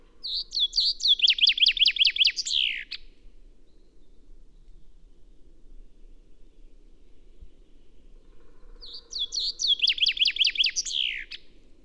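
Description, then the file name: Common chaffinch song: two bright trilled phrases, each ending in a quick downward flourish, separated by a long quiet gap. "Fringilla coelebs"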